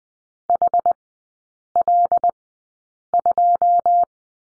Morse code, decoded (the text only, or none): H L 2